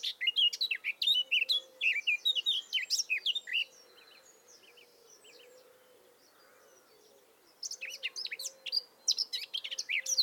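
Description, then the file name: Eurasian blackcap song: rapid, varied warbling of high twittering and fluty notes for about four seconds, a quiet pause, then another lively warbled burst near the end. "Sylvia atricapilla"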